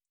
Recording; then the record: hydrophone in a shrimp aquaculture tank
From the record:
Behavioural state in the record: feeding